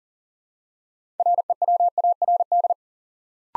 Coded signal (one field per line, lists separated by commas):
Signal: Morse code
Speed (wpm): 38 wpm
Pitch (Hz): 700 Hz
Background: none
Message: REWARD